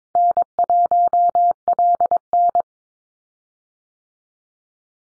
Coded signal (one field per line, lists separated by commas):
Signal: Morse code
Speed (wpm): 22 wpm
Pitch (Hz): 700 Hz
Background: none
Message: N1LN